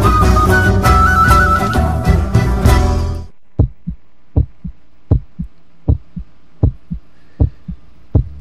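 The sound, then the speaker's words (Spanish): A loud burst of dense music cuts off after about three seconds, leaving a steady heartbeat sound effect opening the radio programme Enredando las Mañanas from the Valle de Punilla, Córdoba: paired low thumps, lub-dub, repeating at an even pace over a faint hum. “Se nos escucha ahí el corazón, ahí el latiendo desde el Valle de Punilla, las sierras cordobesas.”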